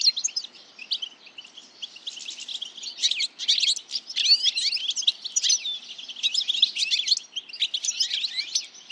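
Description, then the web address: Bird calls: a dense, busy chatter of high, sharp chirps and twitters, overlapping almost continuously and swelling in bursts through the middle and end. "Deverinetal. Bird Only"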